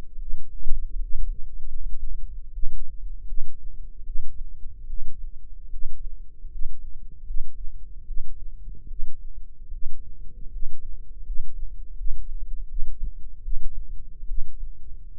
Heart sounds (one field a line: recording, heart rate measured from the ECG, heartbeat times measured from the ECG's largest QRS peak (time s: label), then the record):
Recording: heart sounds by microphone in the left ear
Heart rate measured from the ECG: 76 bpm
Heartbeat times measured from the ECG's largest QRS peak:
0.17 s: heartbeat
0.99 s: heartbeat
1.67 s: heartbeat
2.50 s: heartbeat
3.25 s: heartbeat
4.03 s: heartbeat
4.86 s: heartbeat
5.69 s: heartbeat
6.47 s: heartbeat
7.23 s: heartbeat
8.04 s: heartbeat
8.87 s: heartbeat
9.69 s: heartbeat
10.48 s: heartbeat
11.22 s: heartbeat
11.94 s: heartbeat
12.65 s: heartbeat
13.39 s: heartbeat
14.25 s: heartbeat
15.16 s: heartbeat
From the record:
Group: healthy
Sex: female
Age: 22 years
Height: 171 cm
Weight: 65.6 kg